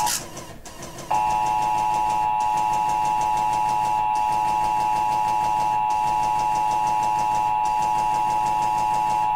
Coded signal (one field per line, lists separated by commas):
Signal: Emergency Alert System (SAME) tones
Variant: 853 and 960 Hz attention tone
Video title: Required Monthly Test on WNCO-FM || 2/14/24 (EAS #2,317)